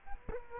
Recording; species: mosquito wingbeat signal from an infrared sensor; Culex quinquefasciatus